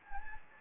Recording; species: mosquito wingbeat signal from an infrared sensor; Anopheles gambiae